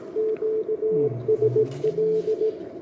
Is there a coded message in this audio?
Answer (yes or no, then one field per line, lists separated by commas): yes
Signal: Morse code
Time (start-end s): 0.2-2.5 s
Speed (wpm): 18 wpm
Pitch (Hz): 440 Hz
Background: none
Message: QSL